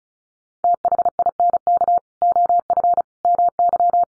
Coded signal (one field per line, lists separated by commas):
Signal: Morse code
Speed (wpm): 34 wpm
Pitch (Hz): 700 Hz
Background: none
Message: THINK OF MY